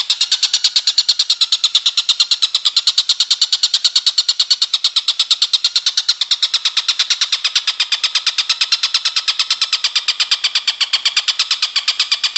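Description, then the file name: Stork-billed kingfisher producing a continuous, unbroken series of rasping cackles, steady rhythm and loudness throughout. "tengkek buto om andri"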